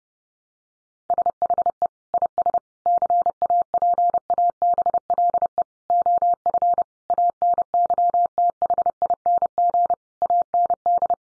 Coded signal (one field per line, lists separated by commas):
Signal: Morse code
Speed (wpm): 30 wpm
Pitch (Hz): 700 Hz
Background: none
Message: SHE IS CAPABLE OF ANYTHING AND